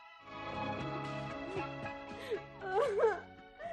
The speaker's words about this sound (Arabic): بطلي عياط. غصب عني يا ماما. تكونيش لسه بتحبيه يا بنت؟ مش قوي يا ماما. امال بتعيطي ليه؟ على بختي، على بختي يا ماما